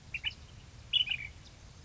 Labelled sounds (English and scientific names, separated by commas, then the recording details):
Ash-throated Flycatcher (Myiarchus cinerascens)
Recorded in Sonoma County, California